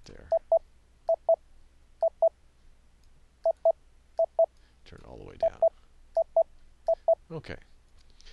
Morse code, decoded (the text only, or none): none